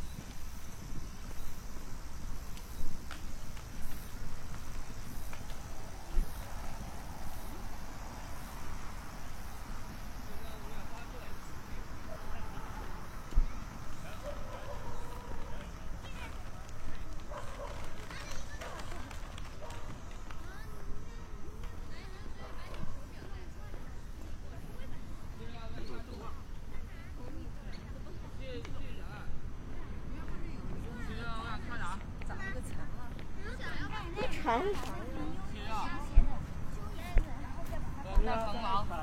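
A walk at midday on a cloudy day, with a steady low rumble of traffic running underneath throughout. Scattered voices come and go, along with light clicks and knocks, and a cluster of sharper ticks and brighter sounds appears after about 33 seconds.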